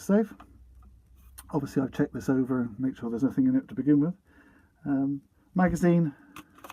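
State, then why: Not seated. Someone talks while handling a 2018 ASG EVO Scorpion airsoft SMG, bringing a polymer magazine up to the magwell, with a few faint handling ticks near the end around 6.4 to 6.7 s. The magazine has not seated or clicked into the magwell yet.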